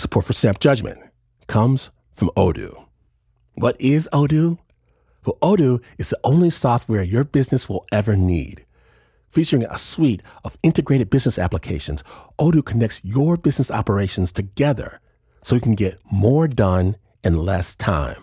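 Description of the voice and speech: One adult man reads a sponsor message in clear, fluent speech at an even pace with ordinary voice quality.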